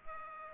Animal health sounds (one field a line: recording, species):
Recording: mosquito wingbeat signal from an infrared sensor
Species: Culex pipiens